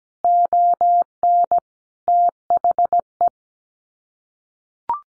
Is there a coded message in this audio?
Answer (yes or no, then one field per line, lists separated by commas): yes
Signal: Morse code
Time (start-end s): 0.2-3.3 s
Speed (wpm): 17 wpm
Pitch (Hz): 700 Hz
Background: none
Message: ON THE